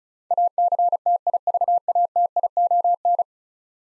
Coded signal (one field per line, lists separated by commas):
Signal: Morse code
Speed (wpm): 36 wpm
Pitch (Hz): 700 Hz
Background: none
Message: ACTIVATION